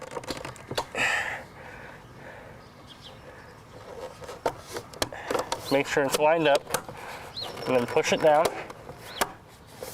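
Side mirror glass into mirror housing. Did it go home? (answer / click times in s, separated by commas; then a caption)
yes / 9.2 s. Replacement side mirror glass, a plastic-backed lens with clips on the back, is lined up and pushed down into the mirror housing of a 2006-2012 Mitsubishi 4G Eclipse while someone talks, with several short clicks and knocks along the way. The glass snaps and seats into the housing at 9.2 seconds.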